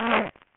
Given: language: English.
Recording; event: throat vibration sensor signal played as sound; throat clearing